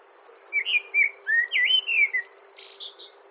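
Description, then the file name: Common blackbird warbling a sequence of mellow, swooping whistles, followed by a short rough noisy burst; a steady whining tone persists throughout. "Turdus merula"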